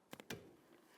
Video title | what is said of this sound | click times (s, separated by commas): How to Replace Front Wiper Blades 2008-2017 Mitsubishi Lancer | Now after an audible click, I'm going to give this a tug, attempting to remove it without lifting on that locking tab. | 0.3 s